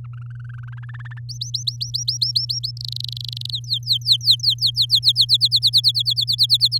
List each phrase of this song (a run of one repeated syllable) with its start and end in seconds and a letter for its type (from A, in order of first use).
0.04-0.74 A, 0.77-1.20 B, 1.29-2.71 C, 2.77-3.50 D, 3.52-5.25 E, 5.29-6.78 F